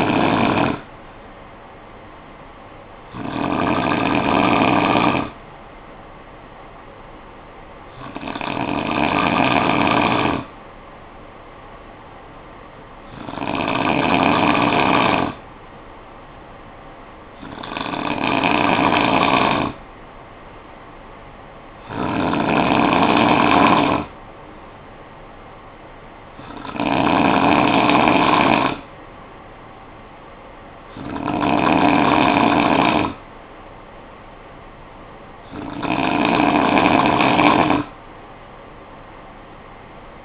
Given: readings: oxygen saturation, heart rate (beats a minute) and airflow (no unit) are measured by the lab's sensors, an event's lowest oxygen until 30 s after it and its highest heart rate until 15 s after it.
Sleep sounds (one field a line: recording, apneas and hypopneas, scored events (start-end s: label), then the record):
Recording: breathing in sleep by a voice recorder at the bedside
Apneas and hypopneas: 1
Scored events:
7.00-30.20 s: hypopnea (N2, oxygen 96% highest, then 91% lowest, heart rate 56 at the start, 59 highest)
From the record:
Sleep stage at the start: N2 (light sleep)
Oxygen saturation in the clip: 91 to 96%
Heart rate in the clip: 52 to 59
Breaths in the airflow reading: 9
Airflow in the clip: -8.3 to 4.1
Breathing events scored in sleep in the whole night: 445 in 7.6 hours asleep